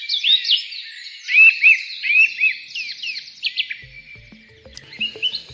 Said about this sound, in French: Voilà quelques chants d'oiseaux dans cette chronique de Bruno David que vous pouvez retrouver évidemment à l'antenne de France Culture